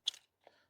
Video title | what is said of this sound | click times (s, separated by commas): Review Godox V1 MID S Flash for Sony,55W Round Head Speedlite Touchscreen,Upgrade 24mm,650+Full Powe | Kind of locks in, but kind of doesn't. | 0.1 s